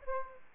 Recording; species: mosquito wingbeat signal from an infrared sensor; Aedes aegypti